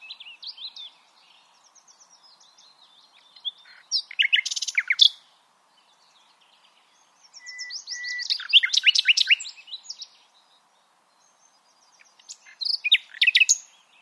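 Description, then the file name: Common nightingale song: several varied phrases separated by pauses, mixing sharp downslurred notes, buzzy bursts and rapid chattering trills. "Luscinia megarhynchos"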